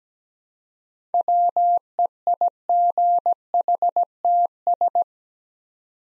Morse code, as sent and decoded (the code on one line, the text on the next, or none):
.-- . .. --. .... - ...
WEIGHTS